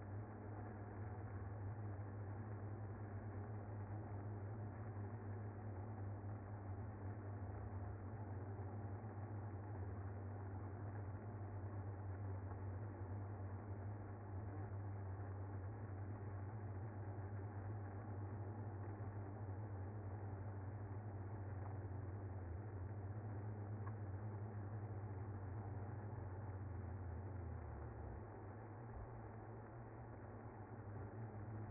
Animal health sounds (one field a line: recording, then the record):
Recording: honeybee colony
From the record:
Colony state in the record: active